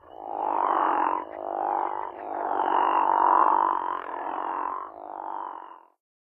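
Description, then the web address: Crawfish frog calling with deep, rough snoring croaks, several long pulsed calls running almost continuously, each swelling and fading. North America. "Songs of Frogs Toads of North America. Crawfish Frog"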